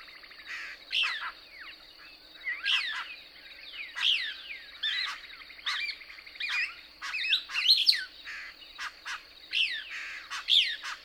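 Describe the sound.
Couch's Kingbird song: several bursts of sharp twittering, zigzag notes, over a steady high insect-like hum.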